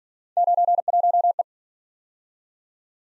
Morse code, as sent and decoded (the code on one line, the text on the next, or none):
----. .---- .
91E